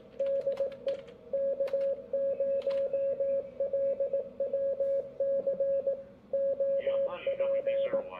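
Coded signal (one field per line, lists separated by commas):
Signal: Morse code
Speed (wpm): 20 wpm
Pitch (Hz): 550 Hz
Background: speech, radio noise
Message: DE K0LWC OP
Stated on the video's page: Sunday night CW on the 40 m band.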